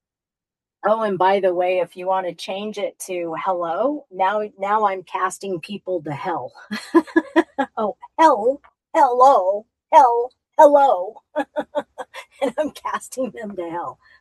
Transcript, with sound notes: Oh, and by the way, if you wanna change it to hello, now, now I'm casting people to hell. (laughs) Oh, hell, hello, hell, hello. (laughs) And I'm casting them to hell.